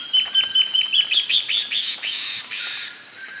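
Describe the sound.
Bird delivers a rushed string of bright chirps that slide downward and fade out, set against a persistent high whine.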